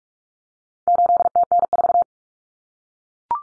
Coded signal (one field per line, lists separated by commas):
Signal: Morse code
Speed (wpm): 44 wpm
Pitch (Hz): 700 Hz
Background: none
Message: 8TN4